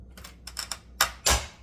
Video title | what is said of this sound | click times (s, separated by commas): Organizing My New 4 Door Kitchen Aid Fridge | there there's a click so now it's built I'm just going to | 1.0 s